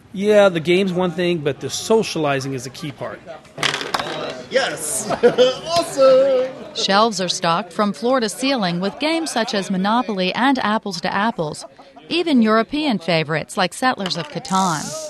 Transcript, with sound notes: yeah, the game's one thing, but the socializing is the key part. (Soundbite of rolling dice) Yeah. Awesome. Shelves are stocked from floor to ceiling with games such as "Monopoly" and "Apples to Apples," even European favorites like "Settlers of Catan."